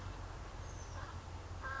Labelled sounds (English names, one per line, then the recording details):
Oak Titmouse
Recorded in Sonoma County, California